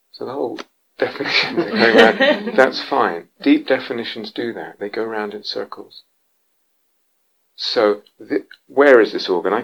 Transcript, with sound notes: So the whole definition goes round. [laughter] That's fine. Deep definitions do that; they go round in circles. So where is this organ?